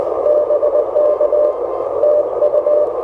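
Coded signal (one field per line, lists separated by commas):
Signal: Morse code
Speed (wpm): 20 wpm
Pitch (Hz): 600 Hz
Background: radio noise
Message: BK TU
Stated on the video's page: Morse from a park activation on a Mission RGO One transceiver with end-fed antenna, keyed with a Begali Traveler paddle.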